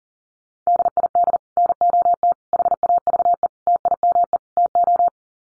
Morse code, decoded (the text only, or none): DID NOT HAVE TIME TO